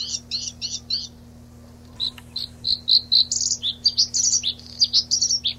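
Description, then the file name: Bluethroat song opening with a quick series of repeated rattling notes, then a lively medley of high chirps, whistles and twitters after a short gap. "Lsvecica"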